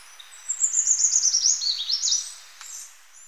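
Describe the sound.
Choco Vireo delivering a brisk, high-pitched series of descending chips, then lower swooping notes; a faint thin whistle follows after the phrase.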